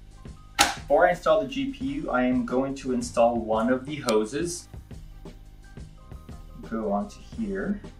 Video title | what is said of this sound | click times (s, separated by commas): A Full Size ATX Gaming PC Anyone Can 3D Print | so I do have a little protector and it simply just snaps into place | 0.6 s